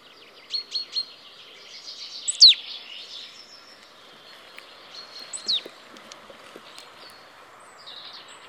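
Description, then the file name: Marsh tit calls: two sharp, high down-slurred notes near 2.5 and 5.5 seconds among soft scattered chips, over faint steady hiss. "Poecile palustris"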